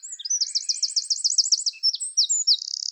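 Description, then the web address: Eurasian wren song: a high, rapid trill of quickly repeated looping notes, then a few sharp clear notes and a fast dry rattle to finish. "Troglodytes troglodytes"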